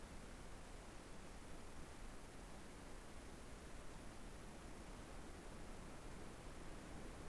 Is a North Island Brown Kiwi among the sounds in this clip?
no